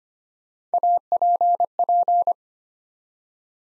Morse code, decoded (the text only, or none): APP